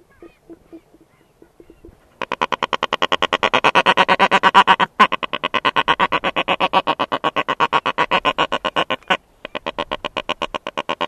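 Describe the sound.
Black-browed albatross rattling call: a few soft pulses, then a loud, fast run of harsh pulses continuing for several seconds with brief breaks.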